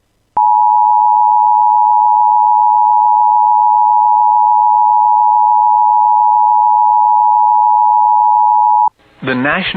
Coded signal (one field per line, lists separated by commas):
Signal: Emergency Alert System (SAME) tones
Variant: 853 and 960 Hz attention tone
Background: speech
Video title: [EAS] Severe Thunderstorm Warning for Blackduck and Kelliher (7/24/26)